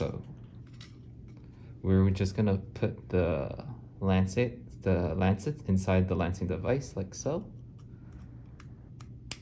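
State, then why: Seated. A lancet drum holding six lancets is pushed into the plastic housing of an Accu-Chek FastClix lancing device while someone talks. Faint ticks follow, then a sharp click at 9.3 s shows the lancets are seated inside the device.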